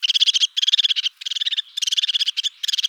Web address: Parus cristatus